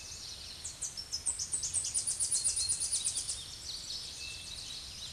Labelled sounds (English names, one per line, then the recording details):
Tennessee Warbler song
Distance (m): 5 m
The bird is about level with the microphone
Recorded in a Pennsylvania forest on 16 May 2024 at 06:23
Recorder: AudioMoth, point MSD-0665
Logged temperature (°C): 16.1 °C
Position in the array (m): 77 m, 87 m